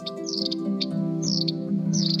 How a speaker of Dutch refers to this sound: Ja, die bosgietzanger, daar kan je naar blijven luisteren. Waanzinnige zanger.